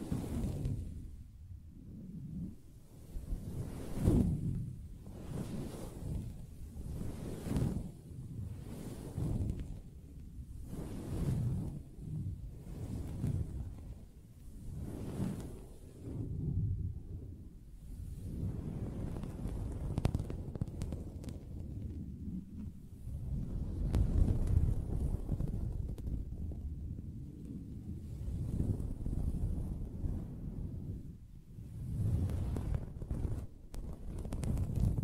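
Soft tapping and scratching on a fabric surface, mostly low and muffled with a hushed rustle on top. Strokes come in regular swells about every second and a half for the first twenty seconds, then blur into a denser, steadier scratching before easing back into slower strokes.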